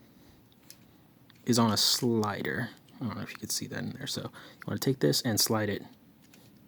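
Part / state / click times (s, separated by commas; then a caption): plastic slider in a transforming toy robot's body / not seated / none. Someone talks while handling a Transformers Earthrise Leader Astrotrain toy robot, with a purple piece on a small plastic slider inside its body about to be slid up, and a few faint handling ticks come before the talking. The slider has not clicked into place yet, and nothing has seated by the end.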